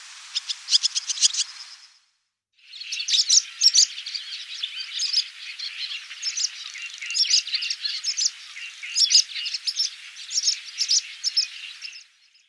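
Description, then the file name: Barn swallow twittering: a brief burst of chirps, a short gap, then a long, dense stream of squeaky warbled notes. "hirondelle rustique"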